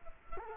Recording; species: mosquito wingbeat signal from an infrared sensor; Culex quinquefasciatus